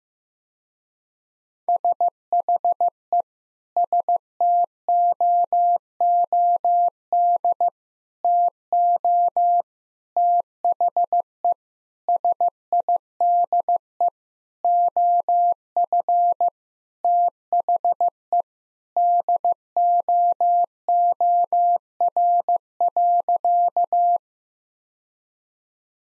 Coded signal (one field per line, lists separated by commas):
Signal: Morse code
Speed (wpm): 15 wpm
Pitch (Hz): 700 Hz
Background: none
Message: SHE STOOD TO THE SIDE OF THE DOOR.